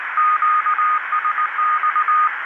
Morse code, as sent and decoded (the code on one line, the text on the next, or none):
--.- ... -..-
QSX